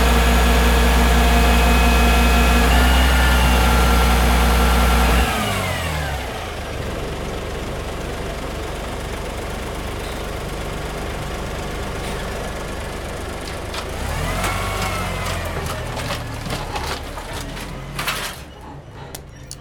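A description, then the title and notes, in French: A garbage truck engine runs loud with a steady low rumble and whine for the first five seconds, then the pitch drops away as it winds down. A quieter, rougher idle follows, with a brief rise around fourteen seconds and scattered clicks and knocks near the end. Moteur de camion poubelle. Lors d'une sortie aux alentours du collège, Kassoum Florian et Nadia ont enregistré les sons de la ville.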